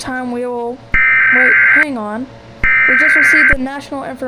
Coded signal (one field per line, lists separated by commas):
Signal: Emergency Alert System (SAME) tones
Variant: header bursts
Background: speech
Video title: EAS Scenario: The World's Gone Beautiful